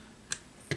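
A plastic prop shaft on a Tamiya DF01 Manta Ray RC car is popped into the rear gearbox drive cup, and then the other end is fitted into the front drive. Two short, sharp clicks are heard at 0.3 s and 0.7 s over a quiet background. The shaft seats in place.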